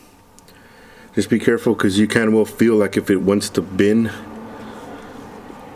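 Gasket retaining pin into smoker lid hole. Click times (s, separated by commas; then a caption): 0.4 s. A new gasket for an Oklahoma Joe's Bronco smoker lid is lined up pin to hole, and a retaining pin is pushed into its hole in the metal lid. It snaps in with a short sharp click at 0.4 s, followed by a fainter tick. Someone then talks over a low background hum.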